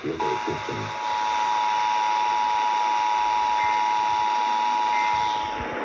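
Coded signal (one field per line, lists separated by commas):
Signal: Emergency Alert System (SAME) tones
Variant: 853 and 960 Hz attention tone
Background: speech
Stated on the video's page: Weekly EAS tests aired by a broadcast station.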